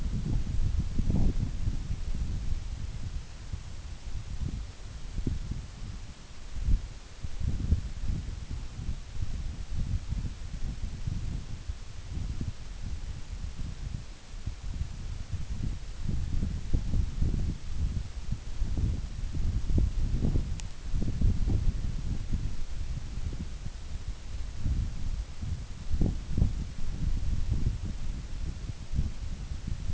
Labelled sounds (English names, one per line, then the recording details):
none
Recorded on Arctic tundra, site NAIT-1, on 24 June 2019
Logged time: 04:00